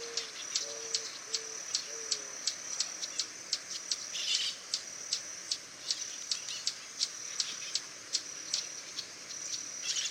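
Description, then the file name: Swallow-tailed hummingbird giving sharp, very high chips about two or three per second, over a steady high insect-like hiss, with a few low whistled notes at the start. "Canto do beija flor tesoura"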